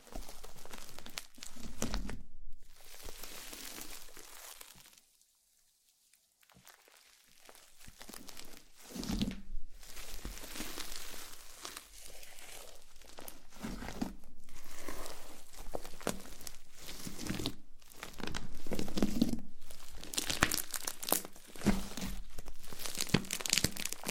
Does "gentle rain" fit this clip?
no